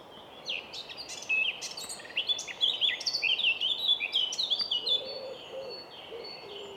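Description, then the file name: Eurasian blackcap warbling, a rapid jumble of chattering and clearer notes lasting a few seconds, followed by low repeated notes near the end. "Sylvia atricapilla"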